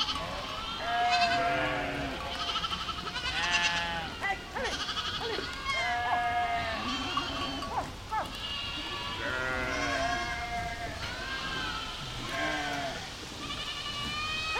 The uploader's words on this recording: These cow mooing sounds. The uninterrupted stream of cow mooing.